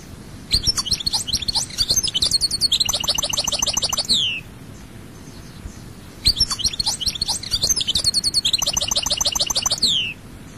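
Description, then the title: European goldfinch: two near-identical bursts of bright twittering song, each about four seconds long with a trilled passage, separated by roughly two seconds of quiet. "Chant Chardonneret"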